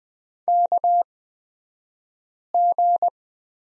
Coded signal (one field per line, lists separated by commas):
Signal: Morse code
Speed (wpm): 20 wpm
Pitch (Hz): 700 Hz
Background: none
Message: KG